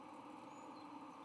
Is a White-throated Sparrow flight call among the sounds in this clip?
no